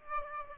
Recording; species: mosquito wingbeat signal from an infrared sensor; Aedes aegypti